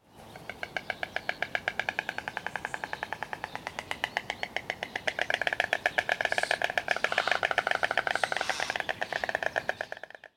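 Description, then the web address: White stork bill clattering: a long run of rapid, dry, wooden clicks lasting about ten seconds, then stopping. "bocian bialy"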